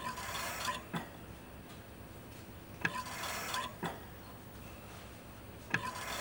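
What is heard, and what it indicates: A rhythmic hissing rush of air repeats about every three seconds, roughly 20 cycles a minute, each ending with a soft mechanical click. This is a hospital mechanical ventilator delivering breaths, from the BBC Sound Effects Library.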